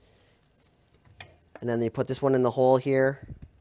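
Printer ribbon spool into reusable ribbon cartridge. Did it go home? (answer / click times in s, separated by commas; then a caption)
no / none. The second printer ribbon spool is handled at its hole in a reusable plastic ribbon cartridge while someone talks, with faint quiet ticks early and a brief sharp tick around 1.2 s. Nothing has seated or clicked yet; the clip ends just before the spool snaps home.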